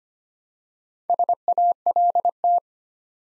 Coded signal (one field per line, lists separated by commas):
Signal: Morse code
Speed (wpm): 25 wpm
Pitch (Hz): 700 Hz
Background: none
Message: SALT